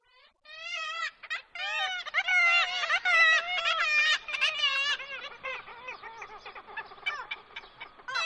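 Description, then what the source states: Black-legged kittiwakes calling in a noisy chorus, nasal wavering notes rising and falling, overlapping loudly then thinning toward the end. Breeding colony at Dunbar Harbour, Scotland, breeding season; nests built in an old stone wall; paired parents of chicks calling to communicate and socialize.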